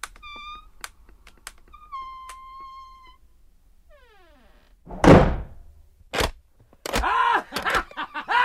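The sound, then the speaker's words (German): A hut door falls shut behind someone who has just crossed the threshold, with a heavy, booming thud after a few high, wavering cat-like cries, and more loud knocks and rattling bangs follow in quick succession. “Kaum hatte ich die Schwelle überschritten, fiel hinter mir plötzlich die Tür ins Schloss.”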